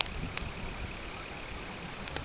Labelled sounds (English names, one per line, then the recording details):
Semipalmated Sandpiper
unidentified sound
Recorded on Arctic tundra, site CORI-1, on 12 June 2018
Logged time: 08:00